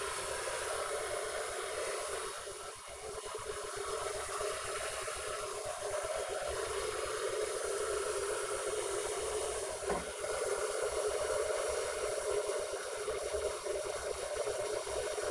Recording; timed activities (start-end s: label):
household activities, microphone on the right wrist
0.00-15.31 s: making tea